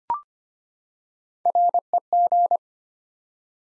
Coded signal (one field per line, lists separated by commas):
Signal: Morse code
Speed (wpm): 25 wpm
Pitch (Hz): 700 Hz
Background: none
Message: REG